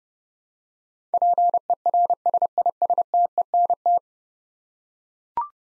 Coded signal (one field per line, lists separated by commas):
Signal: Morse code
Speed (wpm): 32 wpm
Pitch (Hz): 700 Hz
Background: none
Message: PERSISTENT